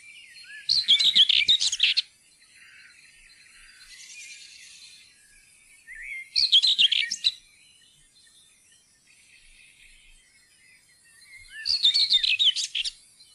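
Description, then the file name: Common whitethroat song: three short, scratchy, hurried warbling bursts of about a second each, spaced roughly five seconds apart. "tornsanger"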